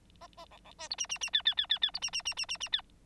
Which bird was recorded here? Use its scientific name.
Lonchura striata domestica